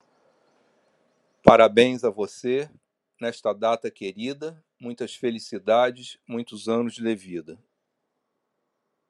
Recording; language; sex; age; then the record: short text; Brazilian Portuguese; male; 60 to 69 years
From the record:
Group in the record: control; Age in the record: 65 years